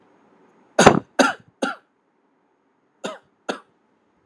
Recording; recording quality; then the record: shallow voluntary cough; excellent, no background noise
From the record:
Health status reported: healthy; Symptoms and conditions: hypertension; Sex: male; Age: 52 years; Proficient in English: yes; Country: India